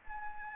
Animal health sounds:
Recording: mosquito wingbeat signal from an infrared sensor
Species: Anopheles gambiae

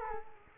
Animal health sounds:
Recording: mosquito wingbeat signal from an infrared sensor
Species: Culex quinquefasciatus

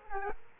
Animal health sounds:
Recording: mosquito wingbeat signal from an infrared sensor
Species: Culex quinquefasciatus

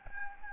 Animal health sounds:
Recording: mosquito wingbeat signal from an infrared sensor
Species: Anopheles gambiae

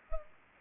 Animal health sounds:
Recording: mosquito wingbeat signal from an infrared sensor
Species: Culex pipiens

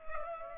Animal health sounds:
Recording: mosquito wingbeat signal from an infrared sensor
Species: Culex pipiens

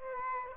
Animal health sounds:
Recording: mosquito wingbeat signal from an infrared sensor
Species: Aedes aegypti

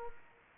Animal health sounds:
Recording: mosquito wingbeat signal from an infrared sensor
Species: Culex quinquefasciatus

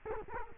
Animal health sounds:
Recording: mosquito wingbeat signal from an infrared sensor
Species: Culex quinquefasciatus

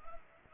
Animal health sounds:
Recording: mosquito wingbeat signal from an infrared sensor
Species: Anopheles gambiae

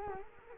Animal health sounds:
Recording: mosquito wingbeat signal from an infrared sensor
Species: Culex quinquefasciatus

